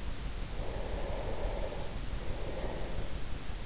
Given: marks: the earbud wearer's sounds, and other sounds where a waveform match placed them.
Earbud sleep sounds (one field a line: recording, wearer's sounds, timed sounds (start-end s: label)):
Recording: sounds in sleep by an in-ear microphone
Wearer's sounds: breath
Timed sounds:
0.45-3.60 s: breath